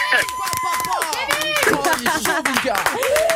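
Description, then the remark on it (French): Hands clapping in a quick, steady run of sharp slaps to applaud a radio caller, heard amid overlapping voices and tonal sounds that stay busy and loud throughout. “J'ai envie de t'applaudir.”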